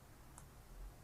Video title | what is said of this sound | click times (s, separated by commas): HTRM2 Part 3 | you hear that click I say right so that's a random time say does somebody have the time to set my watch back and now | 0.4 s